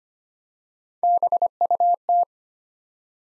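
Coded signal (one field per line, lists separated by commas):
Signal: Morse code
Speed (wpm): 25 wpm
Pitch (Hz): 700 Hz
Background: none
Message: BUT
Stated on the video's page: Morse head-copy drill of three-letter words at 25 wpm, each word sent, spoken, then sent again.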